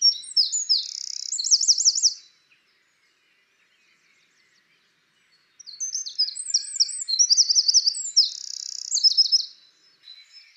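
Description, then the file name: Eurasian wren singing two bursts of shrill, rapid trills and chattering notes, separated by about three seconds of silence. "Troglodytes troglodytes"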